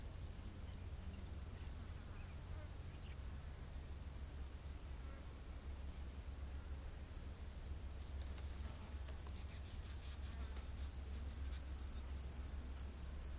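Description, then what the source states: Cricket producing a continuous run of high pulsed chirps, briefly faltering then resuming louder. Crickets recorded during the day.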